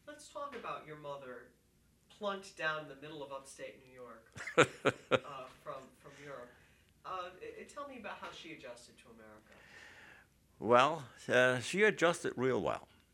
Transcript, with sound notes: Let's talk about your mother plunked down in the middle of upstate New York (laughs) from Europe. Tell me about how she adjusted to America.
Well, she adjusted real well.